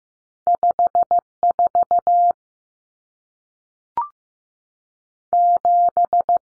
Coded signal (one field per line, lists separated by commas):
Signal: Morse code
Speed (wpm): 15 wpm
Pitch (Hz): 700 Hz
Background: none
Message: 54 7